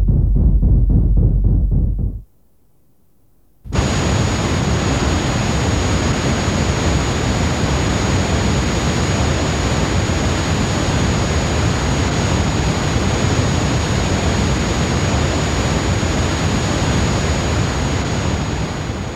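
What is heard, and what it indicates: After a brief low rumble and a short silence, a loud steady hiss begins with a thin, high-pitched tone held unchanged through it. This synthesized tinnitus simulation represents the constant ringing and hissing a person with tinnitus hears.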